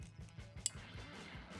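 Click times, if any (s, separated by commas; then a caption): 0.7 s. A steel retaining clip is pressed into the groove above the fork seal in a motorcycle fork tube, part of an Öhlins NIX 22 HD779 suspension fitted to a 2024 Harley-Davidson Road Glide. Over steady background music with a low rhythmic pulse, a single sharp metallic click rings out at 0.7 s as the clip snaps into its groove. The clip is fully seated.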